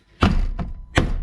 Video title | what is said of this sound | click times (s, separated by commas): Jeep JL Wrangler or JT Gladiator Proximity Entry Install | you can hear it pop whenever | 0.2 s, 1.0 s